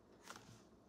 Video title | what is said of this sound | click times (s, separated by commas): Cool Finds Dollar Tree Haul, Brand Names, Great Values, Shopping Saturday | Yeah, that's sealed. | 0.3 s, 0.4 s